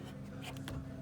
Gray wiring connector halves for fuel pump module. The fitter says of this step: and then once it's uh clicked into place you'll have to slide that red tab